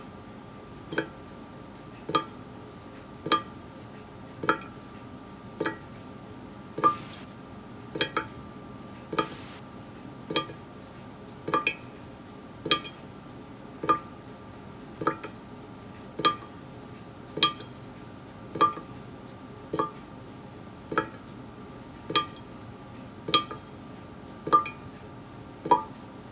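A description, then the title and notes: A faucet drips steadily, sharp clinking drops falling about once a second over a low constant hum with a faint steady tone. Drippy faucet. The faucet was droning.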